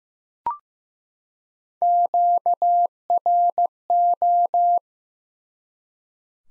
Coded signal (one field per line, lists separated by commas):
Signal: Morse code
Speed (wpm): 15 wpm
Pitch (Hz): 700 Hz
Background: none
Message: QRO